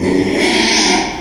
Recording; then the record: squeal of a Yucatan mini pig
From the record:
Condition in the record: after surgery on the right vocal fold (resection and tissue-engineered implant); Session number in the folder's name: 2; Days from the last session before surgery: 13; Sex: male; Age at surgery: 12 weeks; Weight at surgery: 13 kg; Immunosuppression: cyclosporine, prednisolone